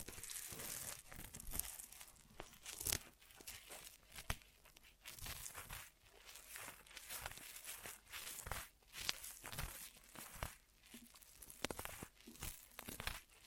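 Crisp ear massage triggers: dense crinkling and rustling with frequent sharp crackles and brushing strokes that bunch into short bursts, roughly every second. The texture stays bright and hissy throughout.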